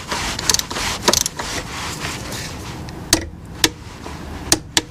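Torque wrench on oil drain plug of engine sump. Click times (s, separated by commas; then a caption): 4.8 s. A click-type torque wrench tightens the hand-tight oil drain plug on the sump of a 2.0 TDI engine to 25 newton metres. Over a steady background hiss, sharp metallic ticks sound at about 3.1, 3.6 and 4.5 seconds. The wrench then breaks with its strongest, sharpest click at 4.8 seconds, confirming the plug has reached its torque setting.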